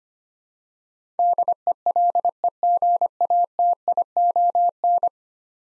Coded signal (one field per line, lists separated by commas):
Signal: Morse code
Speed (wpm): 25 wpm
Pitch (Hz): 700 Hz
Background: none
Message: DELEGATION